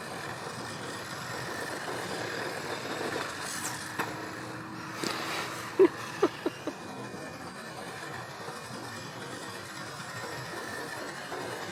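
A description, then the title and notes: RC cars whir in a steady, hissing buzz, with a quick run of four or five sharp knocks around the middle. Having fun with RC Cars.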